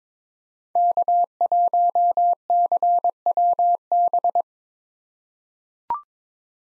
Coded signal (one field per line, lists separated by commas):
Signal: Morse code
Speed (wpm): 22 wpm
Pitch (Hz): 700 Hz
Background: none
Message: K1CWB